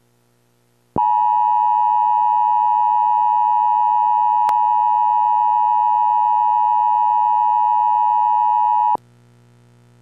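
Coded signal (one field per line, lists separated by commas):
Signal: Emergency Alert System (SAME) tones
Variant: 853 and 960 Hz attention tone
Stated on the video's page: Severe thunderstorm warning issued by the National Weather Service in Hastings, Nebraska.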